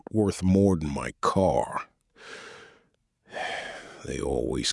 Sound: sighs